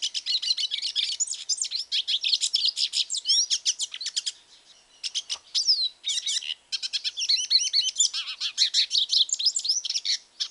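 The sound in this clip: Hooded siskin song, rapid high twittering and looping whistled notes in long phrases, broken by a short pause midway.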